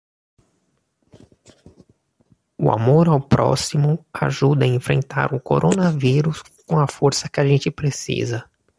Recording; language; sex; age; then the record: spoken sentence; Brazilian Portuguese; male; 30 to 39 years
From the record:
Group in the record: control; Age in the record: 38 years